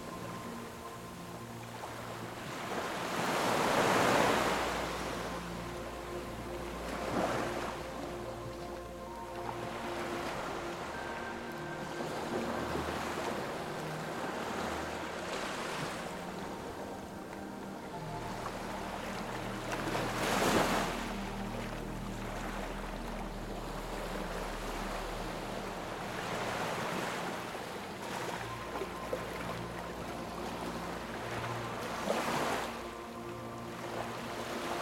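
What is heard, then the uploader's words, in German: Ocean waves wash in over soft, sustained music, with surges cresting around 4, 7, 20, 27 and 32 seconds in a slow, irregular rhythm. Between swells a steady hiss of surf continues beneath held tones, and a low deep drone shifts pitch now and then. Natürlichen Klang der Wellen, perfekt harmonisiert mit therapeutischer Musik.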